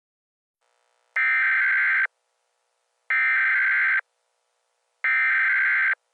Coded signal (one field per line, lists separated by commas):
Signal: Emergency Alert System (SAME) tones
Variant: header bursts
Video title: EAS Scenario CSX 2310 Unstoppable (Updated)